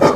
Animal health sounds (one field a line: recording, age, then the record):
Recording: pig call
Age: growing-finishing pig (85 days or more)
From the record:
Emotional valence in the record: positive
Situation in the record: run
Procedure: transit